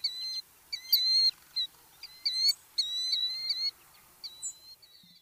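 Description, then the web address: Killdeer giving sharp, piercing calls in rapid clusters with short pauses. "Songs of Birds of North America Western USA Songbirds. Killdeer"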